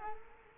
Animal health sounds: mosquito wingbeat signal from an infrared sensor; Culex quinquefasciatus

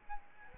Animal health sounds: mosquito wingbeat signal from an infrared sensor; Aedes albopictus

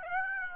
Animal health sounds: mosquito wingbeat signal from an infrared sensor; Aedes aegypti

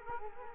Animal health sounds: mosquito wingbeat signal from an infrared sensor; Culex quinquefasciatus

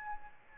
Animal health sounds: mosquito wingbeat signal from an infrared sensor; Aedes albopictus

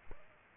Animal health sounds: mosquito wingbeat signal from an infrared sensor; Aedes aegypti

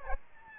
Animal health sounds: mosquito wingbeat signal from an infrared sensor; Aedes albopictus

